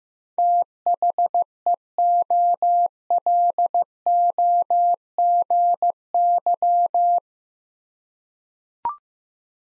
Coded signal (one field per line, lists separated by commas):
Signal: Morse code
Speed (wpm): 15 wpm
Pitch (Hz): 700 Hz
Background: none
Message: THEOLOGY